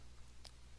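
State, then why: Seated. The top of the filter chamber on an OK International MX-DSI desoldering handpiece (used with the MX-5050 system) is rotated back to the right until it locks in place. A sharp click is heard at 0.5 s, with a fainter tick near 0.8 s over a steady low hum. The top is locked closed.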